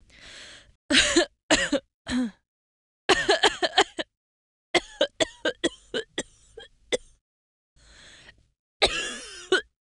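An adult woman coughs in repeated bouts: a few single harsh bursts, then two rapid clusters of short barking coughs, ending in a longer, rougher cough. The sound is dry and throaty with some throat clearing.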